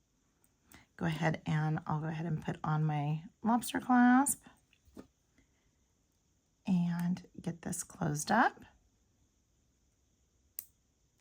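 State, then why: Seated. A metal jump ring is closed onto a lobster clasp on a necklace chain after the clasp is attached. Someone talks through most of the clip, then after a pause a single sharp metallic click at 10.6 s marks the ring locking into place.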